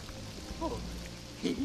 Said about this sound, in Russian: О, Матерь Божия, я таю. Это всего лишь дождь